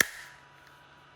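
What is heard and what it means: The other side of a plastic snap-fit cover is squeezed onto the body of a DJI Mini 2 drone during a gimbal repair. One sharp, loud snap at 0.0 s rings briefly and fades into quiet background noise. The cover clip is seated in place.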